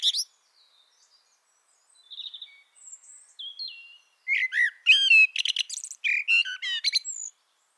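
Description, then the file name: Eurasian blackbird song: a few soft, faint notes, then a loud phrase of fluty warbling that breaks into rapid, scratchy high-pitched twittering. "Turdus merula"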